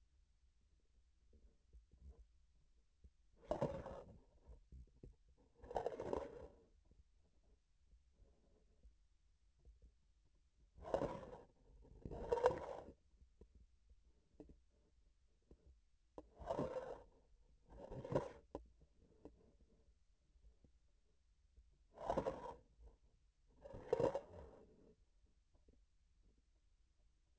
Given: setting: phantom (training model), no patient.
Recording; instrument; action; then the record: laparoscopic instrument, vibration sensor on the handle end; grasping forceps; approaching and retracting movements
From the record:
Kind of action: spatial motion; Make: other than Olympus